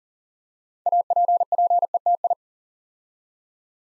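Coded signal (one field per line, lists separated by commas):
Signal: Morse code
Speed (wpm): 39 wpm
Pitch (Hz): 700 Hz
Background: none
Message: APPETI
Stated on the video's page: Build-a-word Morse drill of 8-letter words, sent three letters at a time at 40 wpm, for instant character recognition.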